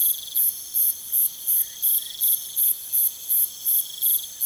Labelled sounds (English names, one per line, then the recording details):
none
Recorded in pastures near Puerto Asís, Putumayo, Colombia, on 23 June 2025 at 22:30
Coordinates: 0.486, -76.323
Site H29